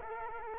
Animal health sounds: mosquito wingbeat signal from an infrared sensor; Culex quinquefasciatus

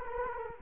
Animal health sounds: mosquito wingbeat signal from an infrared sensor; Culex quinquefasciatus

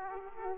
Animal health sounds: mosquito wingbeat signal from an infrared sensor; Aedes aegypti

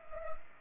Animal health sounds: mosquito wingbeat signal from an infrared sensor; Culex pipiens

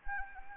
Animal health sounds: mosquito wingbeat signal from an infrared sensor; Anopheles gambiae

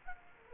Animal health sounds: mosquito wingbeat signal from an infrared sensor; Culex quinquefasciatus

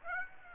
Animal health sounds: mosquito wingbeat signal from an infrared sensor; Aedes aegypti

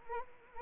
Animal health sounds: mosquito wingbeat signal from an infrared sensor; Anopheles arabiensis

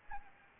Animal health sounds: mosquito wingbeat signal from an infrared sensor; Anopheles gambiae

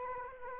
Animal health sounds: mosquito wingbeat signal from an infrared sensor; Anopheles arabiensis

